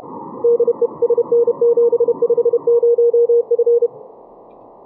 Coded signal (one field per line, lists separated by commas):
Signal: Morse code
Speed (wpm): 31 wpm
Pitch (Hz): 470 Hz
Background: none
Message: DE SN750F